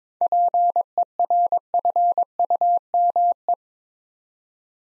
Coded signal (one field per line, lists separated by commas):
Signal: Morse code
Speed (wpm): 22 wpm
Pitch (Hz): 700 Hz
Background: none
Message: PERFUME